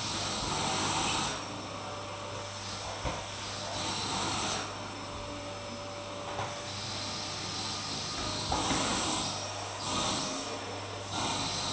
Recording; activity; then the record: daily activity, microphone in the room; vacuum cleaning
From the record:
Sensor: 1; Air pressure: 991.0 hPa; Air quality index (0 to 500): 118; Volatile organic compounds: 173 ppm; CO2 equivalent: 4118 ppm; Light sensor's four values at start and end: 18/42/18/20 and 19/45/18/20